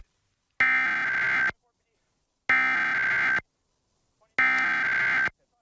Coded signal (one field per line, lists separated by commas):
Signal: Emergency Alert System (SAME) tones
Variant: header bursts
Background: speech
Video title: Massachusetts RMT + Accidental Winter Storm Warning on WWLP-DT2 (12/2/2025) (EAS #212-213)